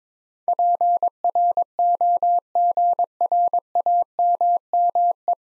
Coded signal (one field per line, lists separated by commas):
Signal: Morse code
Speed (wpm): 22 wpm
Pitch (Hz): 700 Hz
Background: none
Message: PROGRAMME